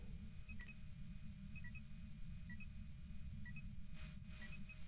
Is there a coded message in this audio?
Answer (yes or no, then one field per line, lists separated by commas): no